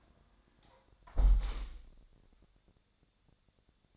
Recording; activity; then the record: daily activity, microphone in the room; close window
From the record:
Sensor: 3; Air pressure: 1000.4 hPa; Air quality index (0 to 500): 171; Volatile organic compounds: 3 ppm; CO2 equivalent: 1482 ppm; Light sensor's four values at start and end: 14/36/14/16 and 13/34/13/15